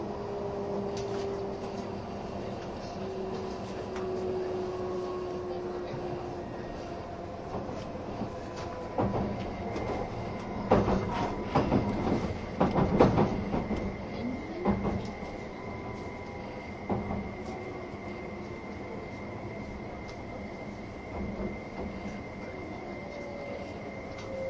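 The Spacia X limited express runs with a steady low rumble and a faint motor whine that shifts in pitch. From about ten to fourteen seconds a burst of rhythmic clatter and knocks rises, with a thin high tone lingering afterward and scattered clunks later.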